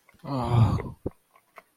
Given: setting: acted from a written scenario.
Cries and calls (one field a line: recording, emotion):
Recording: vocal sound without words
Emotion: sadness